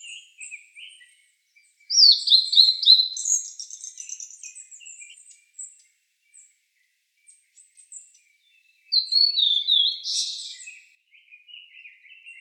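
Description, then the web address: Blue-and-white flycatcher singing two separate phrases of bright, high whistles with falling slurs, the second phrase ending in a buzzy burst, with faint thin notes between. 1 May 2015. "birdenaga ooruri 150501"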